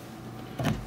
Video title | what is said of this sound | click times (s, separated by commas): Simmons Dresser W343040-1395 Build | and they click in so | 0.7 s